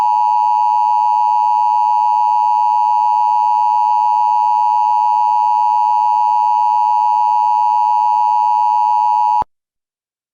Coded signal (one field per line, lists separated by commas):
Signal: Emergency Alert System (SAME) tones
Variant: 853 and 960 Hz attention tone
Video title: EAS Scenario - Vampire Hunters (Recombined)